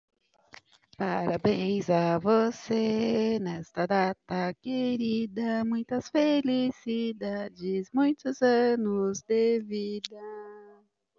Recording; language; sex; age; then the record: short text; Brazilian Portuguese; female; 40 to 49 years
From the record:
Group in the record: control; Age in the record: 44 years